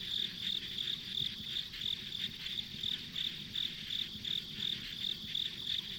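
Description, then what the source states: Rhythmic insect chirps, nearly three each second, forming a constant chorus with faint low-pitched background noise. Ambient insect sounds on a rural country road.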